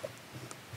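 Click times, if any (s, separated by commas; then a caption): 0.5 s. A small Insta360 GO 3 action camera is unclipped from its locking mount clips by pressing the side release buttons. A single short, sharp click is heard at 0.5 s against a quiet low hum. The camera releases from the mount.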